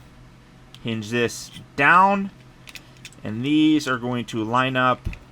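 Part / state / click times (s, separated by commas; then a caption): plastic side panel of a transforming robot toy locking against the body / not seated / none. Someone talks while hinging down the plastic side panels of a Transformers Legacy Prime Universe Deluxe Class Knock Out transforming robot toy and lining them up against the body. Faint plastic handling ticks are heard around 2.7, 2.8, 3.1 and 5.3 seconds. Nothing has seated or locked into place yet.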